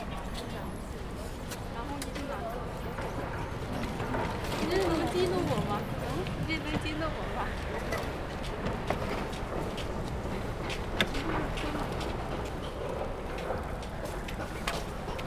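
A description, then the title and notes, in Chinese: Waiting for someone at Peking University's south gate: a steady city murmur of traffic and overlapping voices fills the whole stretch. A voice stands out briefly around five seconds, and scattered clicks and short knocks come and go against the constant low rumble. 仿佛在北大南门等人｜城市声音。气温在1度左右。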